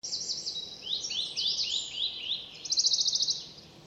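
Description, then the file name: Eurasian nuthatch giving a run of high, downslurred piping notes, then a fast, even trill of sharp notes near the end. "Sitta europaea"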